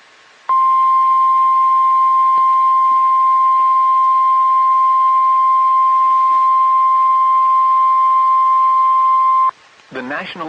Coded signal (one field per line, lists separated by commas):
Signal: Emergency Alert System (SAME) tones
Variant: 1050 Hz attention tone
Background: speech